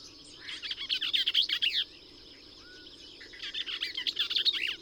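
Bell's vireo song: two fast, husky, chattering phrases about a second and a half each, with a brief soft slurred note in the gap between them.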